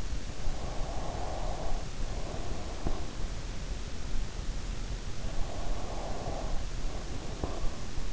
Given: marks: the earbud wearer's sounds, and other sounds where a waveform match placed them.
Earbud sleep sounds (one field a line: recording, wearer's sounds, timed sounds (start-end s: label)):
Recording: sounds in sleep by an in-ear microphone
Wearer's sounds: breath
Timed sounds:
0.41-3.48 s: breath
5.35-8.13 s: breath